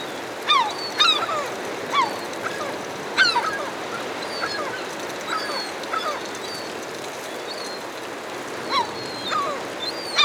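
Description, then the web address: Herring gull calls, sparse sharp downslurred cries at intervals over a hissing background. Several herring gulls hovering overhead. "210 Nature Sounds - 20 Hours of Relaxing Natural Ambiences for Meditation and Sleep Herring Gulls Hovering Overhead"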